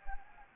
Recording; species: mosquito wingbeat signal from an infrared sensor; Anopheles gambiae